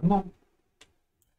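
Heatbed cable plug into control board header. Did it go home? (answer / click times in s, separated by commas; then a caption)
yes / 0.8 s. Someone talks briefly as the plastic heatbed cable connector is pushed into its header on the control board of a Prusa Mini+ kit. A sharp tick at 0.8 s marks the plug seating, followed by a much fainter tick at 1.2 s.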